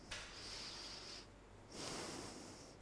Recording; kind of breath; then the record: one breath in and out by a microphone near the nose and mouth; deep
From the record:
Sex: male